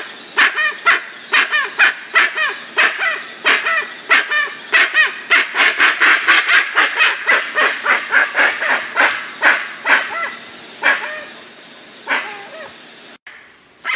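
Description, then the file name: Guan calls: a rapid, dense series of harsh honking notes that slows and fades toward the end. "canto do jacu"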